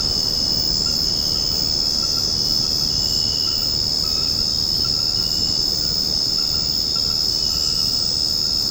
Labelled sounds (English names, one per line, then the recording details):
none
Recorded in secondary vegetation near Puerto Asís, Putumayo, Colombia, on 9 March 2025 at 21:30
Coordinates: 0.481, -76.318
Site G097